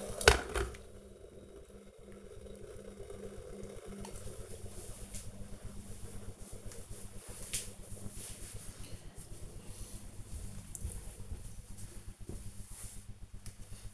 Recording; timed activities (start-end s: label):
household activities, microphone on the right wrist
0.00-4.26 s: making tea